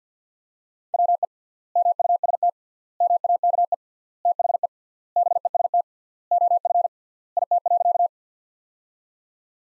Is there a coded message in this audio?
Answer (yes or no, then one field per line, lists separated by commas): yes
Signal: Morse code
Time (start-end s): 0.9-8.1 s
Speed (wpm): 50 wpm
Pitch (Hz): 700 Hz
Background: none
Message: WE MUST MAKE THE BEST OF IT.